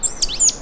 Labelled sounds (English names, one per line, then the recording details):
Stitchbird song
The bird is a male
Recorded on Tiritiri Matangi Island, New Zealand, in 2005
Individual 1, of nest box 1